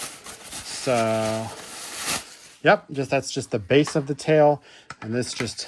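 Someone talks while handling the plastic tail-base segment of a large Mattel Jurassic World Rebirth Mosasaurus toy, about to push it into the next tail section. Only speech and faint handling noise are heard, and nothing has seated or clicked yet.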